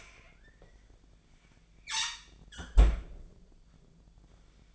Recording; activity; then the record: daily activity, microphone in the room; close fridge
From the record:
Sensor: 5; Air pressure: 1009.8 hPa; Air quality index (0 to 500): 162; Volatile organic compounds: 4 ppm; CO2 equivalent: 1576 ppm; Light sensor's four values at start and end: 116/298/124/133 and 114/294/122/131